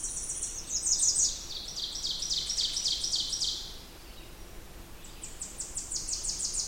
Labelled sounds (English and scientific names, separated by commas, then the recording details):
Ovenbird (Seiurus aurocapilla) song
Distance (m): 35 m
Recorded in boreal forest in Alberta, Canada, on 20 June 2016 at 07:11
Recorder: SongMeter 3, array SBT-6-81
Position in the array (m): -23 m, 266 m
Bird 26